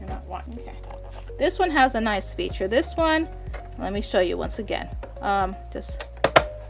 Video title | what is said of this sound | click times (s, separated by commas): Want to Master Sewing? Start with Threading Basics! (Part 1) | snaps right in and then | 6.2 s, 6.4 s